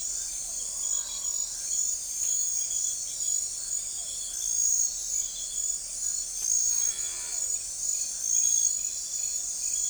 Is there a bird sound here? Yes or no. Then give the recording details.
no. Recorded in forest near Pivijay, Magdalena, Colombia, on 1 June 2023 at 00:00. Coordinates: 10.467, -74.380. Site Z5-G034